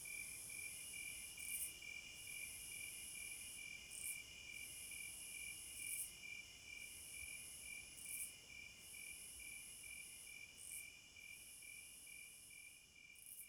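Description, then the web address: High crickets trill in steady rapid pulses, joined by a shrill buzzing that pauses briefly every two seconds or so. Forest at night. "Hypnotizing Forest- Wolves, Crickets, Owls and Singing Birds Midnight Concert"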